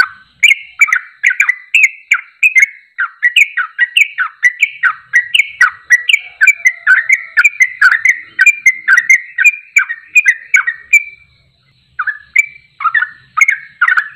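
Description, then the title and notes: Bulbul song: a long rolling string of short bubbly notes, a brief pause, then a few more slurred phrases. Champion bird singing in 'tembakan' style; recording used for training birds. "MASTERAN Trucukan Tembakan. trucuk juara"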